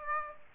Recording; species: mosquito wingbeat signal from an infrared sensor; Aedes aegypti